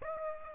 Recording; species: mosquito wingbeat signal from an infrared sensor; Aedes aegypti